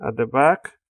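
The plastic bottom cover of an ASUS E404SA WX001T laptop is being handled at its rear edge, where its clips are meant to be pressed down to snap into the chassis during a keyboard replacement. Someone talks throughout the short clip. Nothing has seated or clicked yet.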